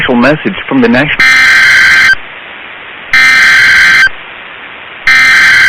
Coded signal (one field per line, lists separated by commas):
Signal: Emergency Alert System (SAME) tones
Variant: header bursts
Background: speech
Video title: 7/3/23 - Severe Thunderstorm Watch #439 on WNG706 (EAS #803)